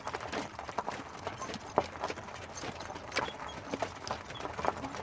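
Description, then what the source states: Horse hoofbeats as separate hollow knocks, irregular groups of clops spaced under a second apart over faint steady background hiss. Dated 2022 6 3.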